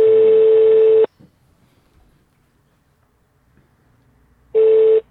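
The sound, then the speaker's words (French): A telephone calling tone: two loud, steady buzzing beeps of about a second each, separated by several seconds of near silence, with no one talking. “On n'a pas la tonalité? Ou ça va arriver?”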